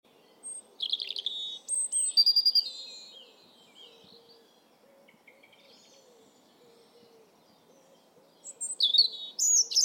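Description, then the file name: European robin song: bursts of high, sharp trilled and warbled notes opening and closing the stretch, separated by a quiet gap with faint low background noise. "Erithacus rubecula"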